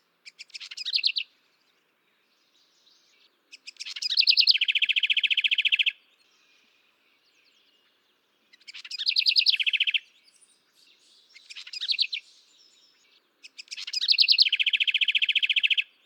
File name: housewren omkicau